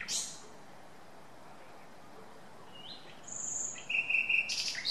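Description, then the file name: Common nightingale fragments: a brief high note, quiet, then a drawn-out thin whistle and a fast rattling series of notes. "Luscinia megarhynchos"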